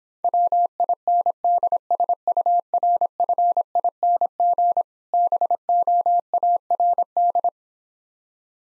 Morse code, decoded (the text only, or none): WINDSURFING BOARD